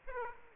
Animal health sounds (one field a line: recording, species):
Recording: mosquito wingbeat signal from an infrared sensor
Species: Aedes aegypti